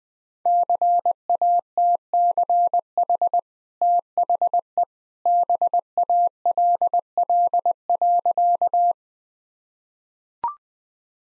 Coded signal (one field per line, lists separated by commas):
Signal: Morse code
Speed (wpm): 21 wpm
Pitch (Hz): 700 Hz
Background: none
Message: CATCH THE BALL.